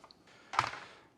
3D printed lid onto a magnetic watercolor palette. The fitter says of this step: sort of key it on that side and then just drop it down and it just clicks in place